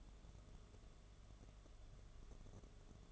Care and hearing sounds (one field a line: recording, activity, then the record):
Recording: daily activity, microphone in the room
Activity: take from stove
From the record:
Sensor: 4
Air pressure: 1011.2 hPa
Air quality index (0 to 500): 141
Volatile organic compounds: 3 ppm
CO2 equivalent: 1443 ppm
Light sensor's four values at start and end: 220/574/242/254 and 220/574/242/254